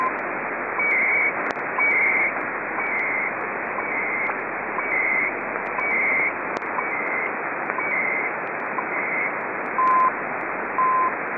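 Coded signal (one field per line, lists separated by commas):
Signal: radio time signal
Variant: CHU, 300-baud FSK timecode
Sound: half-second warbling data chirps each second, about nine, then two short 1 kHz beeps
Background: radio static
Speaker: The last example is chu the decoding of the time information.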